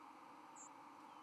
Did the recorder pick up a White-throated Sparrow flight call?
no